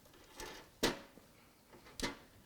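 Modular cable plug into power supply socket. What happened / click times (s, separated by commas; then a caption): The cable plug clicked into its socket / 0.8 s. A second modular cable plug is pushed into its socket on the power supply and seats with a sharp click at 0.8 s, after a softer rustle of handling around 0.4 s. Another short snap follows at 2.0 s, and the connector is fully seated.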